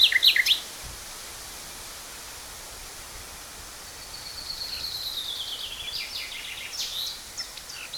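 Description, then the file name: Common Nightingale song: a few sharp notes, a long pause, then a drawn-out falling whistle swelling into rapid chattering notes. "Nachtegaal - Luscinia megarhynchos"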